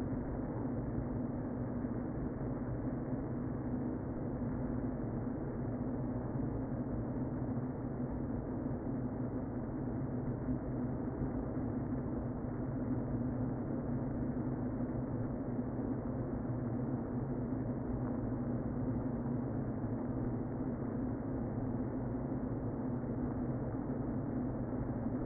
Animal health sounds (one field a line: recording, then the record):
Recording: honeybee colony, microphone inside the hive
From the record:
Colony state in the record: queen present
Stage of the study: before two queens were removed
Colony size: about 60,000 bees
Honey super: yes